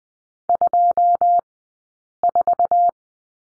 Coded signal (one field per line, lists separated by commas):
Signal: Morse code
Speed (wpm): 20 wpm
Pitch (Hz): 700 Hz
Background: none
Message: 24